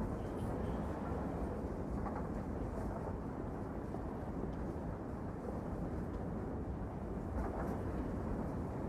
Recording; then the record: background sound without coughing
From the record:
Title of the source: Train Ride Ambience ambient white noise for sleeping, focus, studying, reading